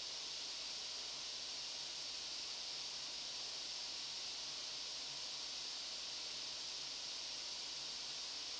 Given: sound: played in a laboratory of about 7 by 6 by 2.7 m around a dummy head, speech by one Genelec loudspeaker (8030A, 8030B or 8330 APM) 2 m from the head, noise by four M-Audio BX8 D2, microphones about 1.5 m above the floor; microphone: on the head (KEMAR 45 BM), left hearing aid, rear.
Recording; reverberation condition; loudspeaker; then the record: white noise; medium; four, about 170 cm from the corners of the room and facing them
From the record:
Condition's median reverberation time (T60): about 510 ms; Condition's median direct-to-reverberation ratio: about -0.5 dB